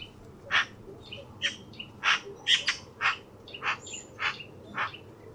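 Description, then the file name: Eurasian magpie giving harsh rattling chatter notes in an uneven series, about ten bursts in five seconds, with other faint higher calls mixed in. "Pica pica"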